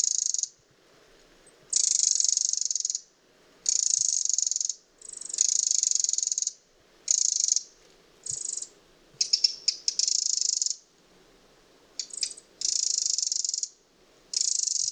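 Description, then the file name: Eurasian wren producing long harsh scolding rattles, some lasting over a second, in a steady series broken by brief silences and a few clipped tick notes. "Troglodytes troglodytes"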